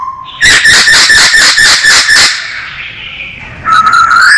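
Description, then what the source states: Masked laughingthrush song: rapid run of harsh, rasping notes, a pause, then a rising clear whistle with harsh overtones. Called poksay Hongkong; singing vigorously (gacor).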